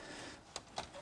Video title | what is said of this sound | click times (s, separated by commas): Fuseboard upgrade + my opinion on online slating - Thomas Nagy | like this were I can't get the snap connector in the back it won't click it's | none